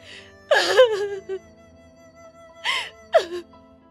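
A woman sobs in three ragged bursts, her voice cracking and sliding from high wails down into quivering moans, with a steady faint tone humming underneath.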